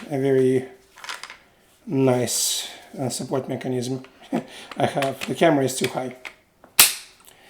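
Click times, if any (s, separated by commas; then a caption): 6.8 s. A pistol is pushed into a conversion kit chassis and locks in with a loud, sharp click at 6.8 s. Before that, someone talks, with a few small handling knocks around 1.0–1.3 s. The pistol is seated in the chassis.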